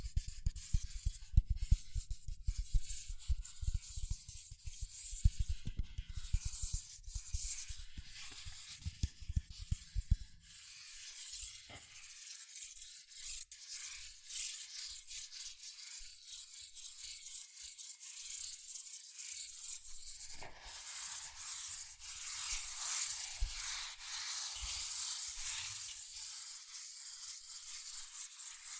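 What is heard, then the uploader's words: Quick tapping and scratching on cardboard and paper, with dense low thumps during the first ten seconds. After that the sound turns to steady, bright tracing and rubbing strokes that hiss across the surface. The strokes grow slightly fuller near the end. ASMR Fast CardboardPaper Tapping, Scratching, Tracing Sounds ( No Talking).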